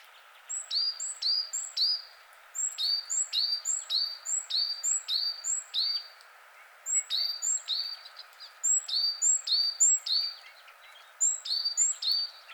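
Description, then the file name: Great tit song: rapid repeated two-note phrases, high then lower, in several runs with brief gaps, over a steady background hiss. "Parus major"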